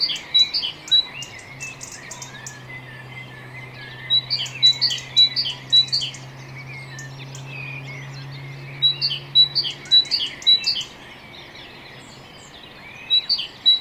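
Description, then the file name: Great tit repeating high, bright paired notes in several bursts with pauses, over a steady low hum lasting much of the recording. "Parus major"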